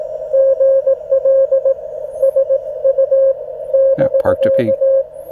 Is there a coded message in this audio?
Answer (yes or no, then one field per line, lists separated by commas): yes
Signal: Morse code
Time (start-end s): 0.3-5.0 s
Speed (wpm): 16 wpm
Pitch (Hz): 540 Hz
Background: speech, radio noise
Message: GL SU <BK>